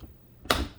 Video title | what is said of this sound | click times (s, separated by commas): Bosch 300 Series 24 inch Dishwasher Front Controls REVIEW Wish it was Better | Okay, so to close it, you got to make sure there's a snap right there. | 0.5 s